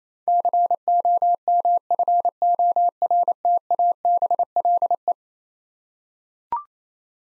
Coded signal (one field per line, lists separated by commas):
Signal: Morse code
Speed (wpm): 28 wpm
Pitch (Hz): 700 Hz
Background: none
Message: COMFORTABLE